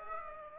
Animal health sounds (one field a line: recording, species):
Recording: mosquito wingbeat signal from an infrared sensor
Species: Aedes aegypti